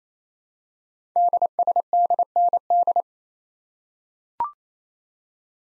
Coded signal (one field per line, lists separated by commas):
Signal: Morse code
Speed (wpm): 27 wpm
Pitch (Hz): 700 Hz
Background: none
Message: DSDND